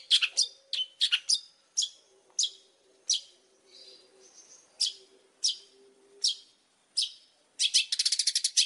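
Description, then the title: Oriental magpie-robin song of varied sharp chirps and short whistles at an uneven pace, with a faint low hum beneath and a fast rattling trill at the close. Whistled song of a highly vocal Oriental magpie-robin, used as a lure to draw other magpie-robins into answering. "Pancingan Suara Siulan Kacer Gacor Mantap Untuk Memancing Kacer Lain Agar Mau Nyaut Bunyi"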